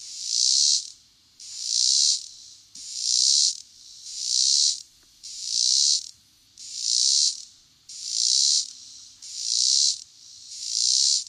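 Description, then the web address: Robinson's cicada song: loud, hissing buzzy bursts that swell and stop, repeated about every 1.3 seconds in an even rhythm. North America. "Songs of Insects. Robinsons Cicada"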